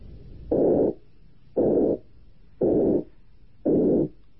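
Heart sounds of an adult with aortic insufficiency: first and second heart sounds followed by a murmur, about 57 cycles per minute.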